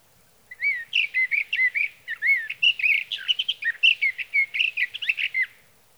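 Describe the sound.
Sage thrasher song: a sustained, fast-paced stream of varied whistled notes, some rising and some falling, running for about five seconds.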